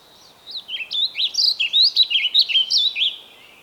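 Bird song: one continuous phrase of about a dozen rapid, high, swooping chirps, rising and falling in quick succession.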